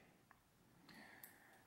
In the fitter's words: just kind of Pops back into place